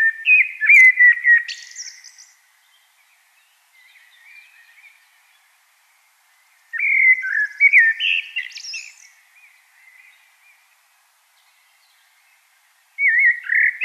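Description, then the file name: Common blackbird song: two loud bouts of fluted warbling with thin high squeaks, separated by a quiet pause, and a third bout starting at the end. "Turdus merula"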